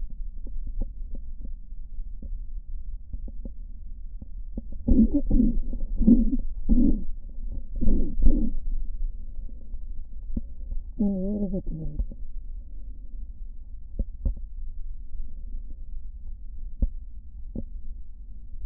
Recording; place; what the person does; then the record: lung sounds by stethoscope; left posterior basal chest; quiet breathing, then cough and speech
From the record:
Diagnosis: asthma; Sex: female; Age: 65 years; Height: 157 cm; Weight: 70.2 kg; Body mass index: 28.5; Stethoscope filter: diaphragm mode